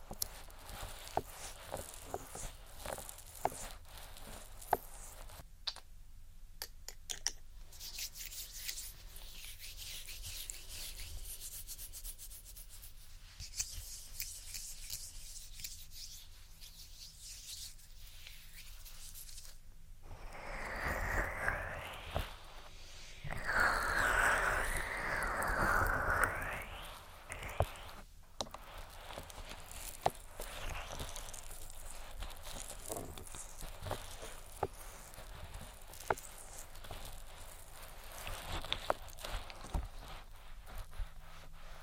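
Soft rubbing and tapping sounds play close to the microphone, a steady hiss of friction broken by small taps and pauses. Around 20 to 27 seconds the texture turns louder and fuller, like cupping or squishing, before settling back into quieter rubbing.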